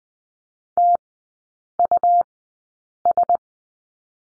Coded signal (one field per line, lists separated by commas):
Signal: Morse code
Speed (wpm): 20 wpm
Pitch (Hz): 700 Hz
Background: none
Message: TUS